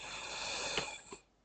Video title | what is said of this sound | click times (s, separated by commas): Alienware M18 R2 Not turning on motherboard repair 3 5 diagnostic error code on the power button | Okay. Something like that. It clicked in place. | 0.8 s